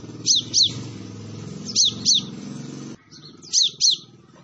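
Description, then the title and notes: Sunbird song: pairs of sharp, high, downslurred chirps at intervals over a loud low engine rumble. Vigorously singing Kolibri Ninja, used as a tutor for training other birds, full of fill-in phrases and 'tembakan' bursts, meant as a lure. "MASTERAN KOLIBRI NINJA TERBAIK FULL ISIAN DAN TEMBAKAN MEWAH COCOK BUAT PANCINGAN. Suara Burung Kolibri Ninja Gacor"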